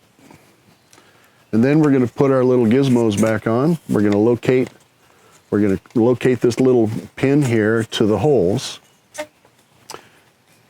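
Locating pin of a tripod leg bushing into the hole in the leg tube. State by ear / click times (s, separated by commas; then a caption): seated / 9.9 s. The small plastic locating pin of a bushing on a carbon fiber twist-lock tripod leg is lined up and pushed into its hole in the leg tube during reassembly. Someone talks, then after a pause the pin pops into place with two quick clicks at 9.9 and 9.9 seconds, and it is seated.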